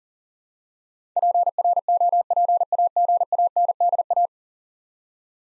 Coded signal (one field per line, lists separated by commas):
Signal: Morse code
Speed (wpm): 38 wpm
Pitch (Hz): 700 Hz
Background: none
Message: PROPAGANDA